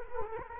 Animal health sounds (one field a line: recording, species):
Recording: mosquito wingbeat signal from an infrared sensor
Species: Culex quinquefasciatus